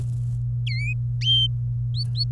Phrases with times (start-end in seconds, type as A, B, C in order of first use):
0.67-0.93 A